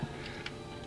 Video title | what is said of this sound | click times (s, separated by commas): Fix the Faulty Locker Sensors in the Wrangler JL Rubicon and Gladiator JT Rubicon | hear that click that's good | 0.5 s